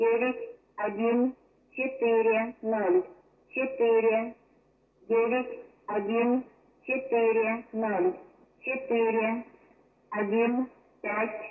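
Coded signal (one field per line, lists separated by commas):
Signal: numbers station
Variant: S06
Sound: a voice reading short numbers one at a time with even pauses between them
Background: radio audio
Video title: S06 Ukraine intelligence number station complete message recording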